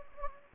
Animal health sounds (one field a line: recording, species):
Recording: mosquito wingbeat signal from an infrared sensor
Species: Anopheles gambiae